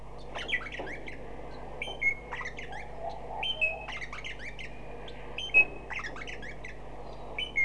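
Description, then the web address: Rosella giving repeated squawking and whistled chattering notes, with a few louder calls, over a low steady hum. "pchornet Rosella Sound"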